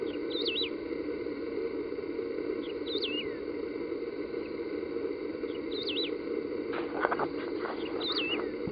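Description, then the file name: Wedge-tailed grass finch repeating a short, high, wavering call about every two and a half seconds, four times, with a few faint clicks and a constant low drone behind. Recorded in a nature reserve at Piraju, Brazil. "Emberizoides herbicola -Piraju, Brasil -nature reserve"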